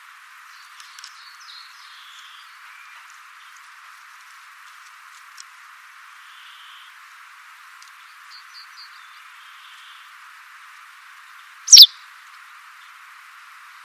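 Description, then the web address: White wagtail giving one abrupt, loud high chirp late; faint thin twitters scatter through the earlier part over low hiss. "cianscape birddata Deverinetal 2025"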